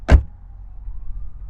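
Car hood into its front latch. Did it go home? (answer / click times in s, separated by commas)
no / none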